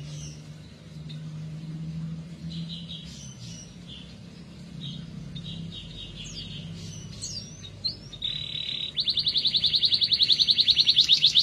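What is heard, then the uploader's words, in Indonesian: A canary gives short, scattered chirps and whistles over a steady low hum for the first several seconds. Near nine seconds a loud, bright, rapidly pulsing trill starts and continues evenly to the end, clear. TERAPI KENARI MACET. Kenari F1 Ys.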